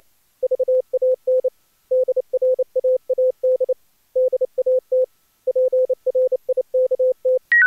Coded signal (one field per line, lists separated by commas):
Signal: Morse code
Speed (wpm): 28 wpm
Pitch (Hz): 510 Hz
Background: none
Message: VAN DRAAD DAT PRIKT